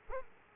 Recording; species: mosquito wingbeat signal from an infrared sensor; Culex quinquefasciatus